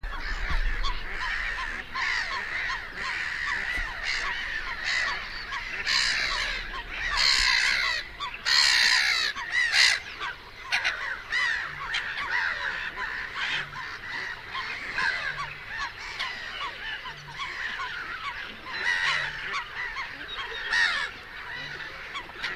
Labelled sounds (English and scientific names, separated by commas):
Black-headed Gull (Chroicocephalus ridibundus) call